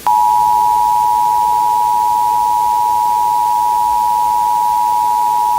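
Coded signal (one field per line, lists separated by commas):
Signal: Emergency Alert System (SAME) tones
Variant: 853 and 960 Hz attention tone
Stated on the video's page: Fictional EAS scenario of a Seattle blizzard, simulated alert with valid tones.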